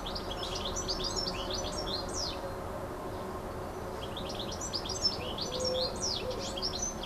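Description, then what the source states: Bird song: two bursts of high, fast chirping notes and sweeping whistles separated by a short pause, above a continuous low hum. Recorded on an MZ-N 710 device, dated 26 06 14.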